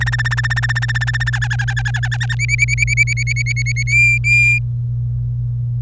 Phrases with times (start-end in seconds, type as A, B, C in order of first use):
0.01-1.30 A, 1.33-2.35 B, 2.39-3.83 C, 3.87-4.58 D